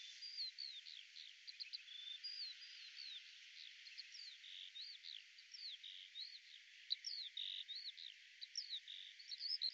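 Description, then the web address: Eurasian skylark song, a faint but unbroken stream of rapid chirps, trills and slurred whistles, high-pitched and varied, running through the whole stretch without pause. "Deverinetal 2025 Bird Al Ar"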